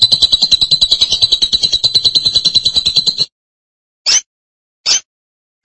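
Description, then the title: Lovebird chatter: a quick, rattling buzzy trill of about three seconds followed by three isolated, sharp high chips. "BM Suara Burung Lovebird"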